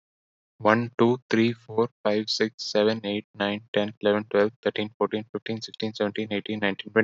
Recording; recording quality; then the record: counting at a fast pace; excellent, no background noise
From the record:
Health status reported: healthy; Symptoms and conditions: none ticked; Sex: male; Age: 25 years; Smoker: yes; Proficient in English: yes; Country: India